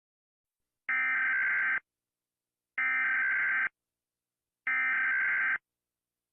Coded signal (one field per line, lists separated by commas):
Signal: Emergency Alert System (SAME) tones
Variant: header bursts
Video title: Rating EAS alarms (Part 1)